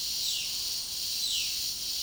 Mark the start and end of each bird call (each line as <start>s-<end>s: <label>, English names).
0.00s-2.03s: Violaceous Jay